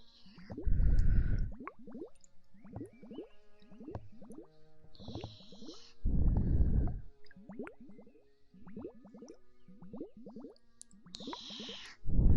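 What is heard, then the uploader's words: Ear eating ASMR: wet mouth clicks and smacks come in quick, fairly regular clusters throughout. Louder, muffled rumbling bursts break in near the start, around six seconds, and at the very end, and short airy hisses appear around five and eleven seconds. ASMR Ear Eating Instant Tingles.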